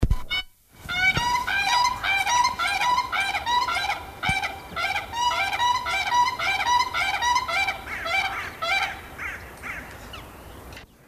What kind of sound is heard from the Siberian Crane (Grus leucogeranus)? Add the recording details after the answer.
duetting. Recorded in captivity. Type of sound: duetting. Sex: pair. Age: adult. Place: Tierpark Berlin, Berlin, DE. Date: 1997-01-12 14:19. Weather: wolkig bis heiter, -5°C. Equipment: Nagra SN, Kopie Uher 4000 Report Monitor. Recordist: Tembrock, Günter. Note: Paar: Paar-Rufen, Weibchen höhere Stimme, Entfernung ca. 30 m